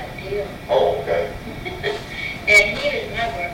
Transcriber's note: laughs